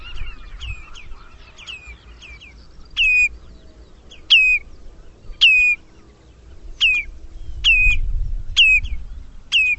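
Bird calls: sharp, high, downslurred notes repeated roughly once a second, paired at first, then single, over a low rumbling background.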